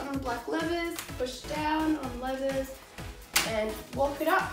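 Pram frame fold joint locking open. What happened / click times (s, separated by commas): The folding frame is being handled and has not yet locked open / none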